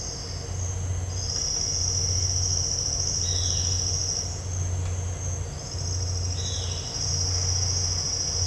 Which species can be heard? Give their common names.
Violaceous Jay